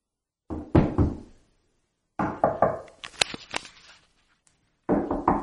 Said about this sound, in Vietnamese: Cửa đã bị khóa rồi, kéo như thế nào cũng không ra. Cô gấp đến nỗi đổ đầy mồ hôi, gõ cửa thật mạnh.